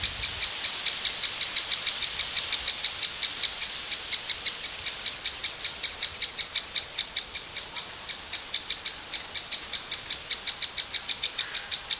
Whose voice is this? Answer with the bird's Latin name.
Dendrocopos minor